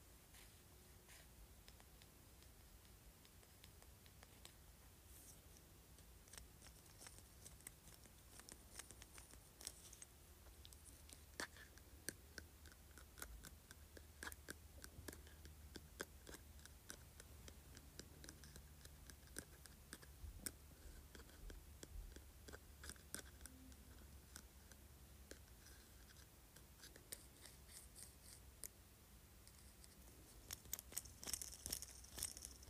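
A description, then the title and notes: A jade roller makes small, irregular clicks and taps, dense and uneven across the whole stretch, with some brighter, sharper ticks. A low steady hum runs underneath, and the clicking grows busier and crisper in the last few seconds. ASMR Jade Roller.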